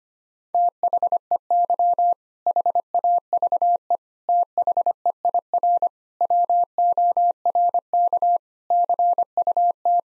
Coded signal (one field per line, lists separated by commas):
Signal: Morse code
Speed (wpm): 25 wpm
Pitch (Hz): 700 Hz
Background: none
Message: THEY HAVE THEIR WORK CUT